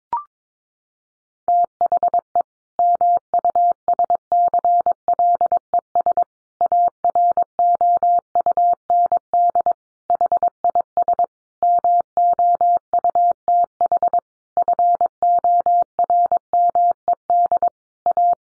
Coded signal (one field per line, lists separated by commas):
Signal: Morse code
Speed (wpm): 22 wpm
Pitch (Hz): 700 Hz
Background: none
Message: THE MUSCLES AROUND HIS MOUTH FORMED A